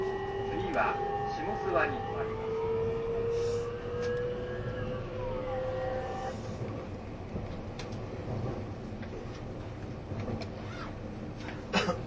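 Running sound from inside a moving vehicle, likely a train: a steady, dense low rumble throughout. For the first six seconds a motor whine rises slowly in pitch, then fades. Brief knocks and rattles occur near one, two and twelve seconds.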